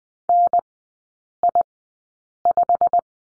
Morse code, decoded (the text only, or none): NI5